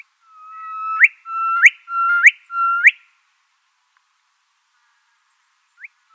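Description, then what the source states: Gilbert's Whistler with four rapid 'erdwit' notes, held whistles rising abruptly at the close, followed by near silence and one faint upward note near the end. Erdwit call, recorded in New South Wales, Australia, on Wiradjuri country.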